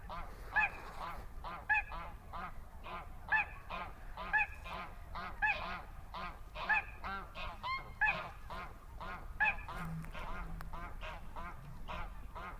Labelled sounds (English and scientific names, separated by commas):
Little Crake (Porzana parva)